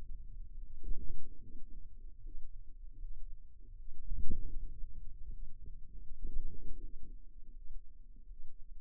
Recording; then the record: forearm muscle sounds (acoustic myography)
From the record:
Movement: wrist flexion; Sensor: system 2, bracelet of six BSWA MPA416 microphones around the upper forearm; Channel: 3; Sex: female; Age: 23 years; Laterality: right